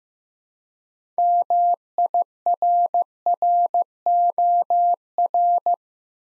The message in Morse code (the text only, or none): MIRROR